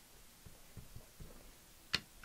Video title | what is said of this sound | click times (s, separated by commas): How to Set Up Your Nikken PiMag Waterfall System | you'll hear it click in | 1.9 s